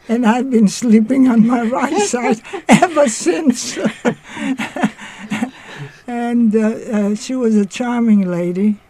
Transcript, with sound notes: And I've been sleeping on my right side ever since. (laughing) And she was a charming lady